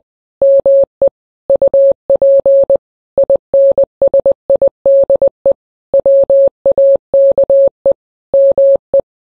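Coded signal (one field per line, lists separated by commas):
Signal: Morse code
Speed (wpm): 20 wpm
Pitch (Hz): 550 Hz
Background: none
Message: ME UP INSIDE WAKE ME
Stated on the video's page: Morse code of song lyrics, used in place of music and singing.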